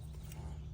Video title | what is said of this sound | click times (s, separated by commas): DIY Stationary to Manual Sliding Window 2019-2026 Chevy Silverado or GMC Sierra 1500 (DB13110) | You're gonna hear the in. click. | 0.3 s